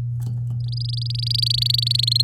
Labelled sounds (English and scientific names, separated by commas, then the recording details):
Domestic Canary (Serinus canaria) song
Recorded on 9 May 2018 at 07:03
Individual llb16